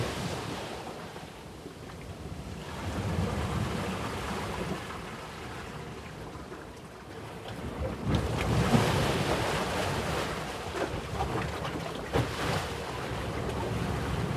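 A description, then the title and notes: Waves wash against a rocky shore and into a cave, a dense, rumbling roar of water that swells and ebbs. Surges build around three seconds and again from about eight to thirteen seconds, brightening into hissing spray. Wind buffets the microphone throughout. Cave-crashing waves. The gentle caress of waves as they tenderly kiss the shoreline, and then extend their affectionate touch to embrace the caves within the canyon. Unfolds in the remote splendour of Gjipe Canyon in Albania. Recorded by Rafael Diogo.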